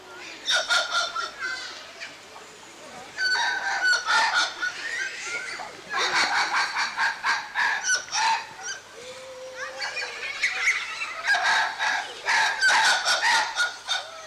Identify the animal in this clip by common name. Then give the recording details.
White-fronted Spider Monkey. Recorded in captivity. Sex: group. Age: diverse. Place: Tiergarten Wilhelma/Stuttgart, Baden-Württemberg, DE. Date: 2004-10-03 16:50. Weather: partly sunny, 17°C. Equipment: Sony WM-D6C, Sennheiser ME 80, Kopie Uher 4000 Report Monitor. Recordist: Tembrock, Günter